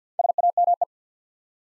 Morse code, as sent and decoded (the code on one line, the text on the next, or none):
... .- -- .
SAME